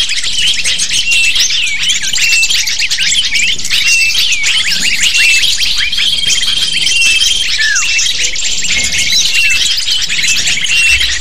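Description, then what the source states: Lovebird flock calling nonstop, a steady wall of high squeaky chirps with occasional drawn-out whistles running through. Lure call to attract lovebirds.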